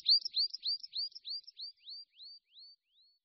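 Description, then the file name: Tree pipit song: a run of sharp, high notes that slow and fade, the later ones sweeping upward, in otherwise quiet surroundings. "Linduška-lesní"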